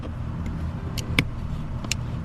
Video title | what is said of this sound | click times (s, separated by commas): Pedal Commander - Install & Review | make sure you hear that little click i'm not sure if you guys heard it i did though so | 1.9 s